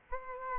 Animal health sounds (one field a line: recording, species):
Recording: mosquito wingbeat signal from an infrared sensor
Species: Aedes aegypti